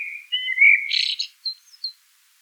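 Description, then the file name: Eurasian blackbird song phrase: low, rich whistled notes that break into a squeaky, high twitter, then a few thin, high notes to finish. "Turdus merula"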